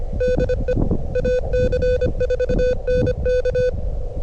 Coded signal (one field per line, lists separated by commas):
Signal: Morse code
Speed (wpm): 24 wpm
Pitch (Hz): 500 Hz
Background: none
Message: DE AC4NK